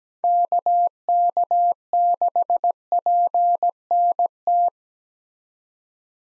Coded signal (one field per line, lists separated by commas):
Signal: Morse code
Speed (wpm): 17 wpm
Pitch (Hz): 700 Hz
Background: none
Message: KK6PNT